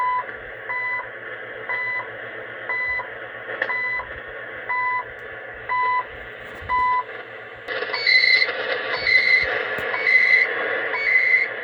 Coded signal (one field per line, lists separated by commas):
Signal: radio time signal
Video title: KENWOOD TS 14OS SHORTWAVE